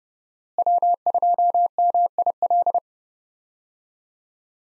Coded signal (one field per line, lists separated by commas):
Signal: Morse code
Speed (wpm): 30 wpm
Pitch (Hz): 700 Hz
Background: none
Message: W2MIL